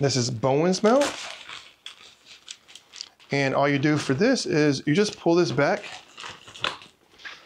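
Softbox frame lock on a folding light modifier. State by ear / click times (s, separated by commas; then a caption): seated / 6.7 s. A small, compact folding Bowens-mount softbox has its locking rod pulled back until the frame locks open. Someone talks while light clicks and rattles are heard, and the rod seats with a sharp click at 6.7 s.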